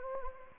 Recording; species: mosquito wingbeat signal from an infrared sensor; Anopheles gambiae